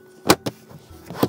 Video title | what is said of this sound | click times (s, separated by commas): Clek Foonf - Complete Car Seat Tour - 2024 #carseatsafety | Now that that's locked into place, we can move on to the anti-rebound bar. | 0.3 s